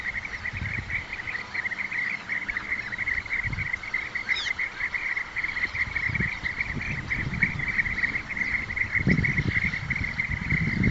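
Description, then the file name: European bee-eater calls, a continuous chorus of burry, rolling trills, one higher sweeping note midway, over intermittent low rumbling noise. Recorded at Dydki. "Albert Lastukhin - Zolotistaya cshurka Merops apiaster"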